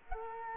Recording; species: mosquito wingbeat signal from an infrared sensor; Culex quinquefasciatus